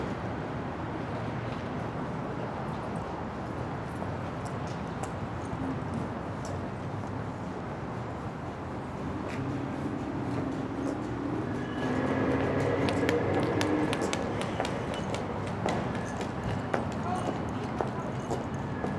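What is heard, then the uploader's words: Outside a building entrance near the street, a steady wash of traffic and city noise fills the background. Scattered clicks and knocks, like footsteps or hooves on pavement, come and go throughout, and around twelve seconds the scene grows louder and busier with brighter clatter. Building Entrance Near the Street.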